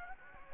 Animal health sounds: mosquito wingbeat signal from an infrared sensor; Anopheles gambiae

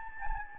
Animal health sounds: mosquito wingbeat signal from an infrared sensor; Anopheles gambiae

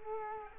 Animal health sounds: mosquito wingbeat signal from an infrared sensor; Culex quinquefasciatus

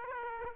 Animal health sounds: mosquito wingbeat signal from an infrared sensor; Aedes aegypti

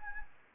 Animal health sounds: mosquito wingbeat signal from an infrared sensor; Anopheles gambiae

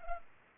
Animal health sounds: mosquito wingbeat signal from an infrared sensor; Culex pipiens

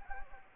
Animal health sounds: mosquito wingbeat signal from an infrared sensor; Anopheles gambiae

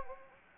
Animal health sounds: mosquito wingbeat signal from an infrared sensor; Anopheles gambiae

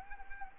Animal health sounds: mosquito wingbeat signal from an infrared sensor; Anopheles arabiensis

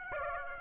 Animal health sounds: mosquito wingbeat signal from an infrared sensor; Aedes aegypti

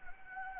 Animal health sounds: mosquito wingbeat signal from an infrared sensor; Anopheles gambiae

